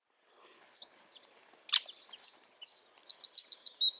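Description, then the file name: Eurasian wren song, a fast stream of high trills and chattering notes over faint background noise, with one sharp click partway through. "Troglodytes troglodytes"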